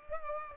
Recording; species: mosquito wingbeat signal from an infrared sensor; Culex pipiens